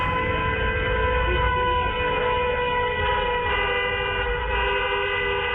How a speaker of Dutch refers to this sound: Ja, toeterende auto's en dat soort dingen. Dat gebeurt hier dus vaak.